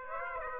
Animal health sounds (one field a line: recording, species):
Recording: mosquito wingbeat signal from an infrared sensor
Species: Aedes aegypti